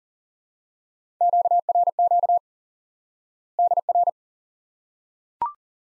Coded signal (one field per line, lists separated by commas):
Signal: Morse code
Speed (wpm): 40 wpm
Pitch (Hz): 700 Hz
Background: none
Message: QRQ DR